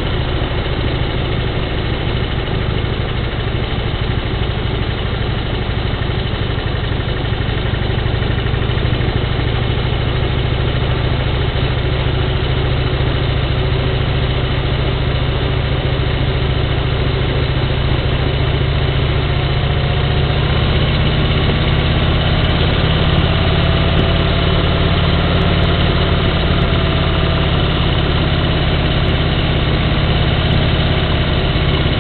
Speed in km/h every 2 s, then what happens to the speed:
19, 16, 18, 20, 19, 21, 21, 21, 21, 21, 22, 22, 24, 27, 27, 28.
0-32 speeds up to 28.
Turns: none.